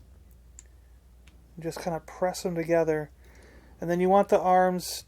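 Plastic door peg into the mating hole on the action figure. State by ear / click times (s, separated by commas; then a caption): seated / 0.6 s. Plastic door panels on a Cliffjumper Transformers War for Cybertron Earthrise action figure are pressed together so their small pegs click and pop into the mating holes. A sharp click at 0.6 s marks a peg seating, with fainter ticks around it. Someone then talks.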